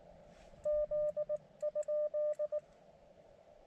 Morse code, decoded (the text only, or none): Z?